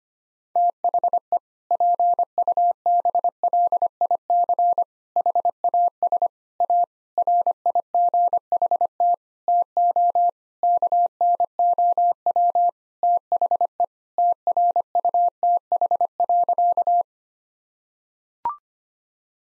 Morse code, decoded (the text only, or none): THE PUBLIC HAS A RIGHT TO KNOW THE TRUTH.